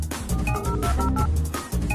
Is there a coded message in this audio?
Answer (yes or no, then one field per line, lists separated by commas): no